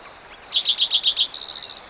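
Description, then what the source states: Spotted Towhee song, six clear slurred notes followed by a tight, rapid trill of about seven notes, short and crisp. Individual number one, recorded June 22, 2010, in Rhodes Canyon, Utah County, Utah.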